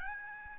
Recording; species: mosquito wingbeat signal from an infrared sensor; Aedes albopictus